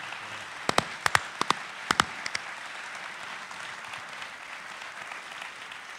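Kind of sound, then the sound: crowd, audience applause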